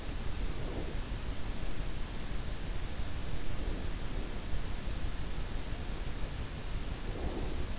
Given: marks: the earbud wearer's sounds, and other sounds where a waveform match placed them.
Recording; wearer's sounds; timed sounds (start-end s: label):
sounds in sleep by an in-ear microphone; breath
0.55-1.00 s: breath
7.11-7.79 s: breath